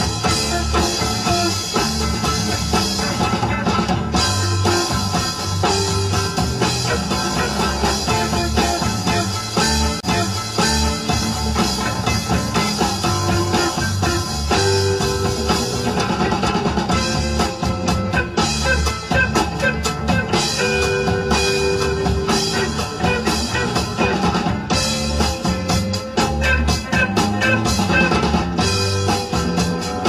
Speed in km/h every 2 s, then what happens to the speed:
0, 0, 0, 0, 0, 0, 0, 0, 0, 0, 0, 0, 0, 0, 0.
0-30 standing.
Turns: none.